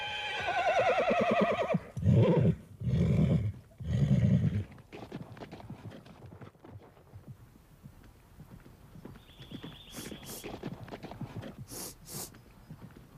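A horse whinnies loudly at the start, then hooves clop in a steady rhythm as riders approach on horseback, with a few sharp high squeaks or jingles breaking in near the end.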